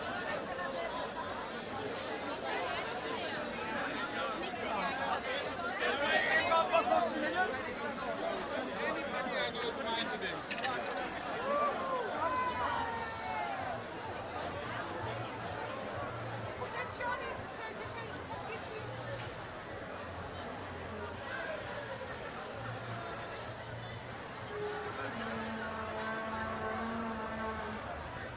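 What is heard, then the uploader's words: A crowd celebrates a soccer win in a city centre, with dense, overlapping voices and shouts filling the street at steady loudness. A slightly louder burst of cheering comes around six seconds, and near the end a steady horn-like tone sounds over the chatter. Soccer party downtown The Hague. A small impression of people celebrating in downtown The Hague because the Dutch defeated the Brazilians (WC2010).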